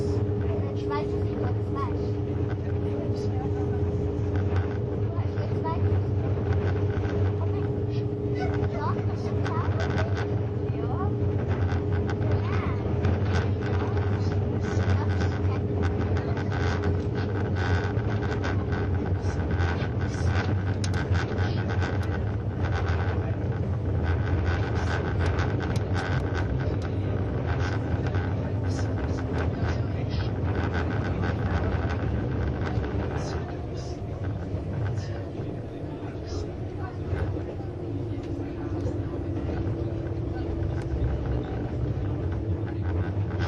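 Running sound from inside a Swiss ICN tilting train on the Gotthard line: a steady, dense rumble with a low drone and humming tones that shift pitch slowly. Faint voices and small clicks come and go, and the level dips slightly after about 33 seconds.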